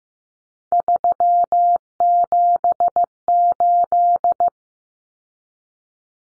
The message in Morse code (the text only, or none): 378